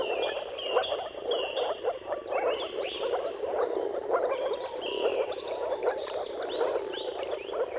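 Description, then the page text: Chorus of moor frogs, continuous soft woofing and bubbling, with bird song whistles and chirps scattered over the top. Mating-call chorus of many moor frogs at sunrise, turn of March and April, timing depending on the weather. "Dawn’s Chorus: Mating Calls of Marsh Frogs at Sunrise. Jakub-Orzecki moor frogs. Depending on the weather at the turn of March and April, you can witness an amazing spectacle of moor frogs"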